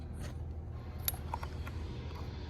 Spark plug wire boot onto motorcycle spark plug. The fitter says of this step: when you put the spark plug wire back on there make sure you'll hear a snap